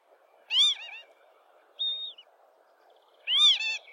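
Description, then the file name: Lapwing giving two loud nasal, arched calls with trailing notes, separated by a thin level whistle, over faint steady background noise. "canto do abibe"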